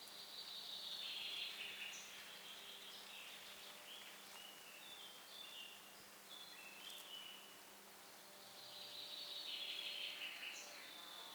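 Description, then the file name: Common chaffinch song: high trilled phrases, louder near the start and end, over steady background hiss. "Fringilla coelebs"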